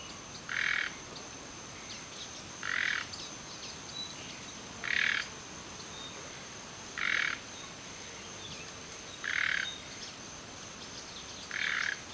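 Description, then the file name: Common nightingale uttering a dry, rattling croak six times at roughly two-second intervals, with faint high whistles and a continuous thin whine behind it. "Luscinia megarhynchos"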